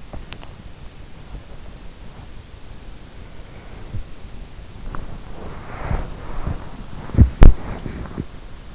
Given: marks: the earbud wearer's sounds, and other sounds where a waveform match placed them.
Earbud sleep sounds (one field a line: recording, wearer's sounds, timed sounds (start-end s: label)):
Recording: sounds in sleep by an in-ear microphone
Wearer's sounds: teeth grinding, body movement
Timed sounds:
0.00-0.72 s: teeth grinding
2.89-8.46 s: body movement